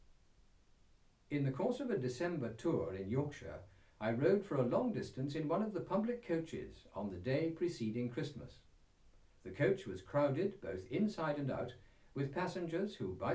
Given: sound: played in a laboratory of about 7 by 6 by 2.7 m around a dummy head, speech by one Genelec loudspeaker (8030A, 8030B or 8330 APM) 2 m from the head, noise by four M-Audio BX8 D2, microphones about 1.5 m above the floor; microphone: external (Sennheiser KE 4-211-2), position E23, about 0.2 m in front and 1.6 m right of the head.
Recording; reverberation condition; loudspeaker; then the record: male speech in English; low; 90 degrees to the left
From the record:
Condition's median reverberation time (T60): about 310 ms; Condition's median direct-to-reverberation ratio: about 3.5 dB